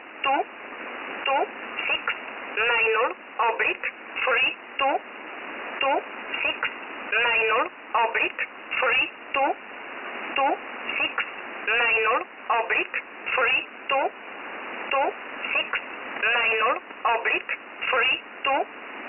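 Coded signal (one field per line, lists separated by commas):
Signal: numbers station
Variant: E11 Oblique, English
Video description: E11 is a very active Polish number station, broadcasting since the 80s. The name "Oblique" comes from the expression for "/", is part of "Polish 11" and is its English mode.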